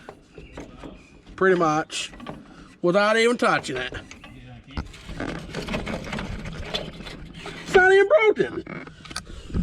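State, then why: Stripped. A tool works a bolt in the threaded hole of a Volkswagen IRS trailing-arm rear suspension pocket while someone talks, with bursts of metallic scraping and ticking through the middle of the clip. Sharp clicks at 8.9 s and 9.2 s mark the steel thread stripping and the bolt pulling out.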